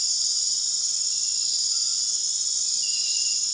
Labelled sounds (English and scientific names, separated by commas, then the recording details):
none
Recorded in dense forest near Puerto Asís, Putumayo, Colombia, on 18 February 2024 at 23:00
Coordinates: 0.499, -76.324
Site G6469